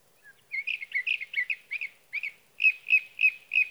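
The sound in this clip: Sage thrasher warbling in short clustered phrases, ending with several similar whistled notes repeated evenly about three times a second.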